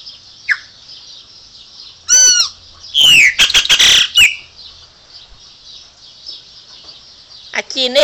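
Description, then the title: Chopi Blackbird song: a faint note, then a burst of loud, ringing squeaky whistles and chatter, then quiet before a final short squeaky phrase. "Passaro Preto"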